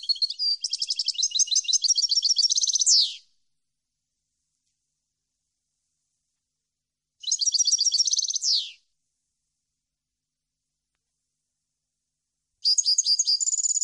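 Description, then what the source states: European goldfinch song in three separate bursts of high, rapid twittering with trilled notes, each early burst ending in a falling sweep, separated by silent gaps. Clean song compiled on a CD, intended for birds to copy.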